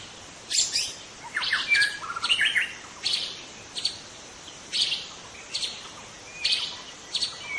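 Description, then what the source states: White-rumped shama with a busy opening of mixed whistles and scratchy notes, followed by shorter harsh bursts repeated about every second. In forest.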